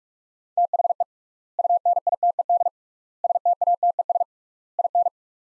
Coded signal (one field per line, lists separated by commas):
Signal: Morse code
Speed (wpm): 44 wpm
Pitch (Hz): 700 Hz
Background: none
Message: THE UNITED STATES IN